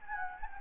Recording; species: mosquito wingbeat signal from an infrared sensor; Anopheles gambiae